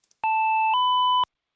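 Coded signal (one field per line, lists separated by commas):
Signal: alarm pattern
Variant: Potter high-low 8080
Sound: a steady two-note alert tone, lower pitch then higher, about one second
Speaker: I need different tones. I can't do temporal 3 or temporal 4. Personally, I like this high low 8080.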